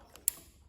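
A plastic wiring plug at the back of the carburetor on a Honda EM6500 portable generator is pushed onto its mating connector during carburetor refitting. A faint tick at 0.2 s is followed by a short, sharp click at 0.3 s as the connector seats.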